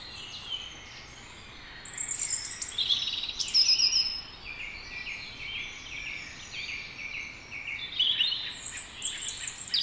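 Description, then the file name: European robin pouring out a dense run of high, varied twittering and whistled phrases after a quiet start, sliding up and down. "Erithacus rubecula"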